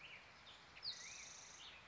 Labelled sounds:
Black-headed Grosbeak

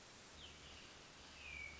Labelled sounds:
Hermit Thrush

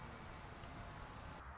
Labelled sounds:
Anna's Hummingbird

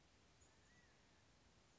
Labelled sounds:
California Quail

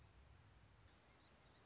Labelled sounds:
Song Sparrow

